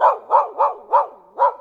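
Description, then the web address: Dog barking, five short mid-pitched barks in quick succession over under two seconds, with brief gaps, the last gap longer. "best service Blue Box animals dog"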